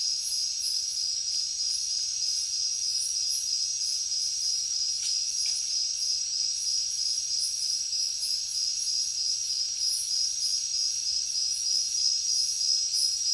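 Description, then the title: Many crickets trilling together in a constant shrill wall of sound, with faint higher pulsing insects and a brief click near the middle. Heavy cricket chorus at night in a jungle. "alex productions ambient music nature. Jungle night heavy crickets"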